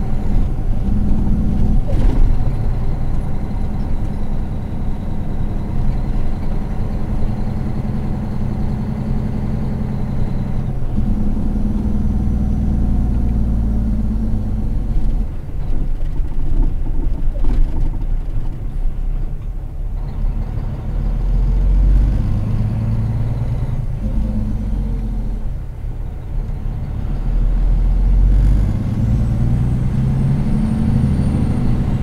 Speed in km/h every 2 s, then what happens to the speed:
49, 49, 50, 51, 52, 49, 45, 33, 27, 14, 21, 23, 16, 17, 23, 30.
0-9 steady at about 50. 9-18 brakes to 14. 18-21 speeds up to 23. 21-26 steady at about 17. 26-32 speeds up to 30.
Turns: 18-24.